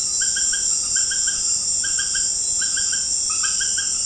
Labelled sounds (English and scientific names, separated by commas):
none